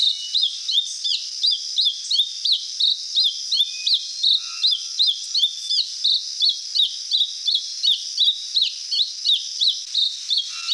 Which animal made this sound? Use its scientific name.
Turdus plebejus